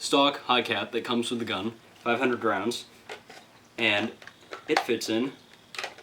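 Someone talks while the stock 500-gram plastic high-capacity magazine that comes with a CYMA CM.048 AK-74 AEG airsoft rifle is handled at the rifle's magazine well, with brief faint handling knocks near 3.3 s and 5.8 s. The magazine has not seated or clicked into place yet.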